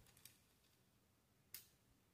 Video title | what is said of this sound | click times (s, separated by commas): Transformers Studio Series 28 2007 Film Barricade Review | so it just snaps into place | 1.5 s